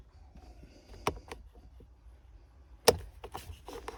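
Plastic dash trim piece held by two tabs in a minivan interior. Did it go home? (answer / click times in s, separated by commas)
released / 2.9 s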